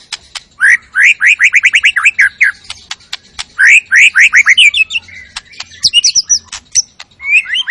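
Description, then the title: White-rumped shama singing rapid bursts of loud rising notes in two runs, separated by clicks, with high sweeping whistles toward the end. Lure recording of a bird singing actively and bringing out its full repertoire, used to boost shamas' excitement. "PANCINGAN MURAI BATU. MURAI GACOR SUPER EDAN SEMUA MATERI DI KELUARIN COCOK BUAT DONGKRAK EMOSI. SHAMA BIRD"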